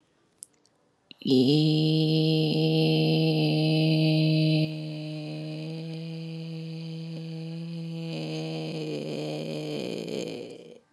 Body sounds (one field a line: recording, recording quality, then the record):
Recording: sustained vowel as in beet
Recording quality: excellent, no background noise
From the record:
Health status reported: healthy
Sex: female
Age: 32 years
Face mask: not worn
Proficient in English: yes